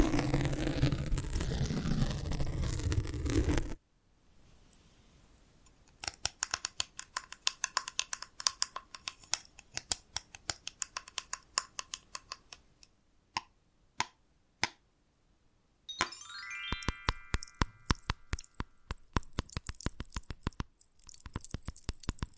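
Invisible tapping and scratching: a loud dense rush for four seconds, then quiet, then crisp irregular taps and clicks, busier near the end.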